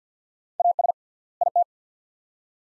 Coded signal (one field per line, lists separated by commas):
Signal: Morse code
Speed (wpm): 50 wpm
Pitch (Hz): 700 Hz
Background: none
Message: AS IT